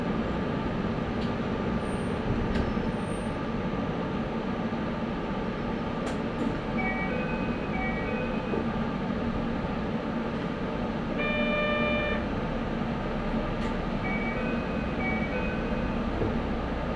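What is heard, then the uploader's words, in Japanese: Aboard a Yokkaichi Asunarou Railway train, a steady low rumble runs throughout, with sharp clicks and brief rising motor tones recurring every few seconds. 四日市あすなろう鉄道 内部→日永→西日野→日永。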